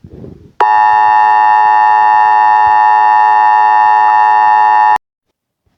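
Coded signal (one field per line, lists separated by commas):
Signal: Emergency Alert System (SAME) tones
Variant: 853 and 960 Hz attention tone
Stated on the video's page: Mock Emergency Action Notification; a simulation, not a real alert.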